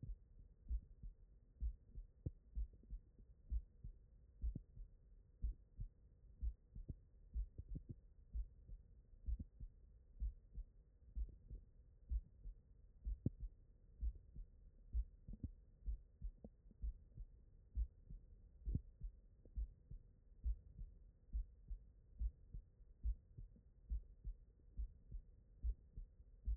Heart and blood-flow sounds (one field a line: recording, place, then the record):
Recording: heart sounds by stethoscope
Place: mitral valve (MV)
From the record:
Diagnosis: non-HFrEF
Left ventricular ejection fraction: 43%